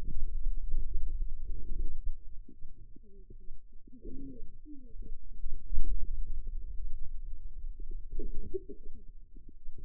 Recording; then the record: forearm muscle sounds (acoustic myography)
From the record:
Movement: pen grasping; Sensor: system 2, bracelet of six BSWA MPA416 microphones around the upper forearm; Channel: 5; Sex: female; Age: 25 years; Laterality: right